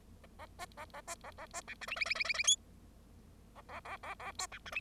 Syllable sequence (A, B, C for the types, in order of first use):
A B A A B A A B C D E E E E E E F A A A A A G C D E